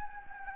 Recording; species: mosquito wingbeat signal from an infrared sensor; Anopheles gambiae